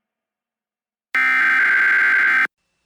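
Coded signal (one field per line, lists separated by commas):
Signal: Emergency Alert System (SAME) tones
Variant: header bursts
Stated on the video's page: Fictional alert scenario; tones may or may not be valid.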